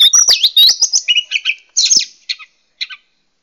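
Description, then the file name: Oriental magpie-robin song, a fast jumble of high whistled notes, slurs and chirps, tapering into a few short separated phrases near the end. Lure recording, used to attract birds. "suara kacer pikat"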